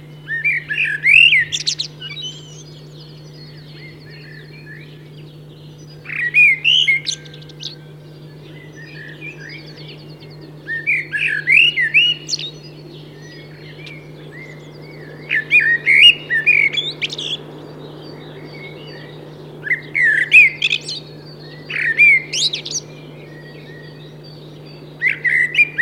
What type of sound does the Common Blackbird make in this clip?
song